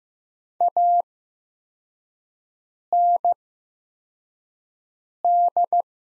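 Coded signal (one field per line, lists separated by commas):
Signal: Morse code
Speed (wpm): 15 wpm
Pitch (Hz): 700 Hz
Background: none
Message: AND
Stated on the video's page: Morse practice set of the top 100 words at 15 wpm with Farnsworth-style 8x character spacing, easing learners toward standard timing.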